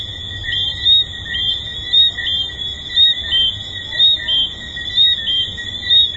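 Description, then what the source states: A chorus of tree frogs gives bright, piping chirps in steady pulses near one per second, set against an unbroken high-pitched ringing background. Tree frogs recorded at the Hedonism II resort.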